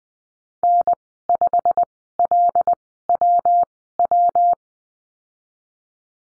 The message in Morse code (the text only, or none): N5LWW